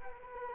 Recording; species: mosquito wingbeat signal from an infrared sensor; Culex quinquefasciatus